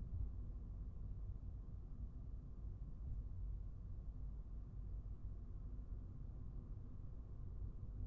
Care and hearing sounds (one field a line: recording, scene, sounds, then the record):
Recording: everyday scene through a hearing-aid microphone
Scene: in a vehicle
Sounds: engine, highway driving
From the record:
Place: Skoda Fabia, gasoline engine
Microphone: behind the ear, right, rear